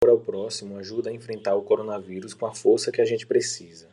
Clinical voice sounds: spoken sentence; Brazilian Portuguese; male; 30 to 39 years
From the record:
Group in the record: control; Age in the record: 33 years

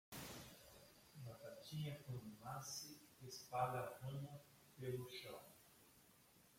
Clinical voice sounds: short text; Brazilian Portuguese; male; 60 to 69 years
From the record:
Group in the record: control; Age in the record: 65 years

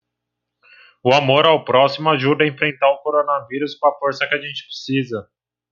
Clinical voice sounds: spoken sentence; Brazilian Portuguese; male; 20 to 29 years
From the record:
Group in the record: control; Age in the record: 20 years

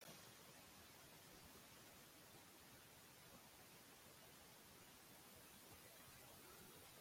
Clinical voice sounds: spoken sentence; Brazilian Portuguese; male; 30 to 39 years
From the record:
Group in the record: control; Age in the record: 38 years

